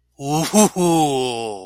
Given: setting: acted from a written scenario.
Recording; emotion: vocal sound without words; pain